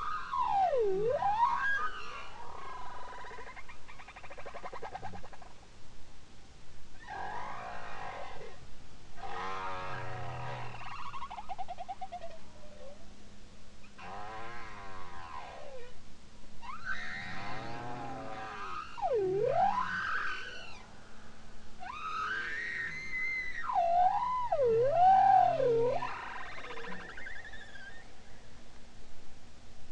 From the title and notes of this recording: Grønlandshvalens sang. Lydopptakene er del av studien Extreme diversity in the songs of Spitsbergen’s bowhead whales.